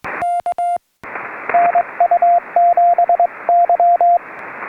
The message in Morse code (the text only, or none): K NU7Y